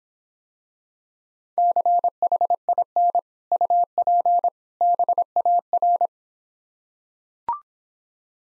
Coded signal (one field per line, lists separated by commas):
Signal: Morse code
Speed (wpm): 26 wpm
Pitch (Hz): 700 Hz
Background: none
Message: CHIN UP BAR